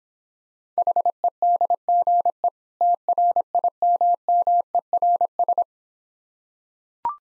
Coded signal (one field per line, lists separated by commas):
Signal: Morse code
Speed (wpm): 26 wpm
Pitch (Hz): 700 Hz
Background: none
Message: HEDGE TRIMMERS